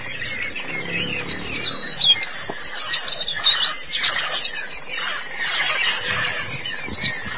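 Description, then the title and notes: White-eye song, busy high-pitched twittering that flows without pause, many quick chirps overlapping. Long-duration recording of the chirping song. "Kicauan Burung Pleci Durasi Panjang. Suara kicauan burung pleci"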